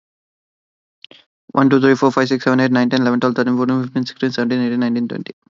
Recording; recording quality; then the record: counting at a fast pace; excellent, no background noise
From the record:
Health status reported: COVID-19 positive, mild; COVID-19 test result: positive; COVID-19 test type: RT-PCR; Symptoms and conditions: sore throat, fever, fatigue, muscle pain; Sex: male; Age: 23 years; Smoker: no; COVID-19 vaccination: both doses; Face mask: not worn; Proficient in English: yes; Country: India